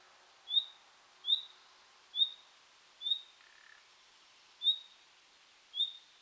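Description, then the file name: Common nightingale gives six short, high whistles at uneven spacing, with a single lower note partway through. "Luscinia megarhynchos"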